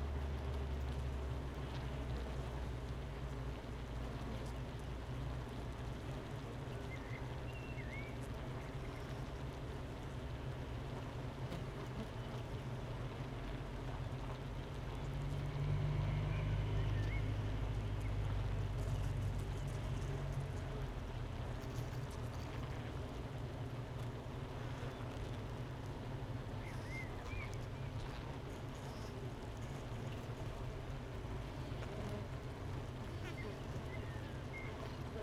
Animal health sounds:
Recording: honeybee colony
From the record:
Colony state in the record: missing queen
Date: 31 May 2018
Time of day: 9:09

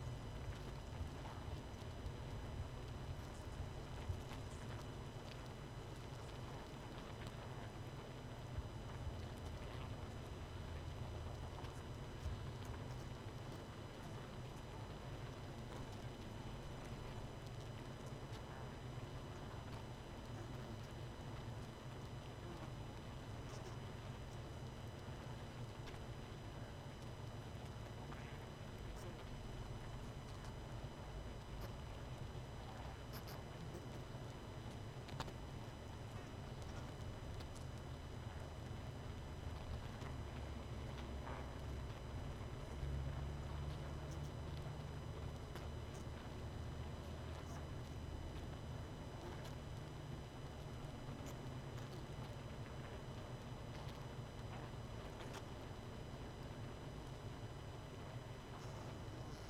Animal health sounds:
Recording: honeybee colony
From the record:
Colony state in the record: missing queen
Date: 31 May 2018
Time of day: 20:33

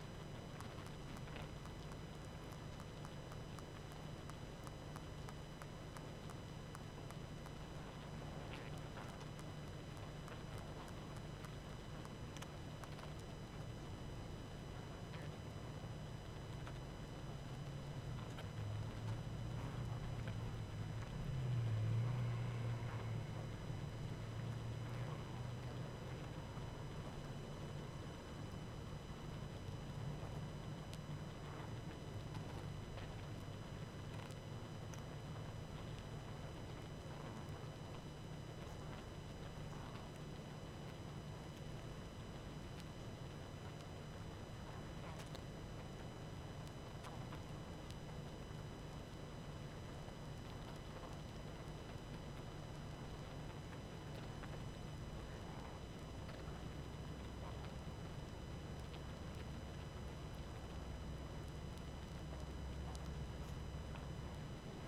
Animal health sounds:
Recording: honeybee colony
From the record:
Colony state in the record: active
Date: 12 June 2018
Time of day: 20:33

